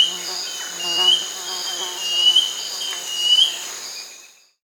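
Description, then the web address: Cinereous mourner giving short high whistled notes that slur upward, about one a second, over a steady shrill insect chorus. South America. "Natures Songs S America Cinereous Mourner"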